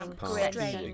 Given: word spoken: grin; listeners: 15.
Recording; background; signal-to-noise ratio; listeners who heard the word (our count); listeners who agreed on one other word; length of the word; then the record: one English word in noise, from a listening test; four-talker babble; -0.7 dB; 0 of 15; 7 of 15; 0.54 s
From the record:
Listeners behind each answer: 7, 2, 1, 1, 1, 1, 1, 1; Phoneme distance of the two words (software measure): 10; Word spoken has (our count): 1 syllable, 4 phonemes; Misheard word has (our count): 1 syllable, 4 phonemes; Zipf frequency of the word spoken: 3.55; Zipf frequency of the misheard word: 4.14